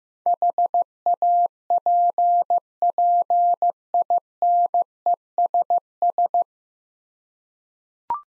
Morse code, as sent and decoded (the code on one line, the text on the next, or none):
.... .- .--. .--. .. -. . ... ...
HAPPINESS